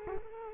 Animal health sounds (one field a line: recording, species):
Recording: mosquito wingbeat signal from an infrared sensor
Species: Culex quinquefasciatus